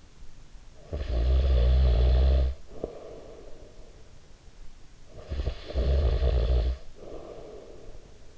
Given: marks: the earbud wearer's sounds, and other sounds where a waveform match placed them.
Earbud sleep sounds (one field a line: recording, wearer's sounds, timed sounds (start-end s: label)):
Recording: sounds in sleep by an in-ear microphone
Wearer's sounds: snoring breath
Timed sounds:
0.54-4.14 s: snoring breath
4.85-8.38 s: snoring breath